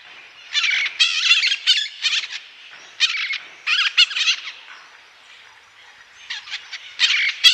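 Bird delivers repeated raspy, squawking notes in uneven bursts, with a brief lull before the calls resume strongly.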